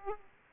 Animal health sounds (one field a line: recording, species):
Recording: mosquito wingbeat signal from an infrared sensor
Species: Aedes aegypti